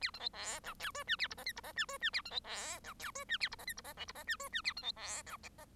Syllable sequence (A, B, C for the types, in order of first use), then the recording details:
A B C D E F G H A I J K I J H G H A B C D E F G H A I J K I J L I J H G H A B C D E. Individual Bird1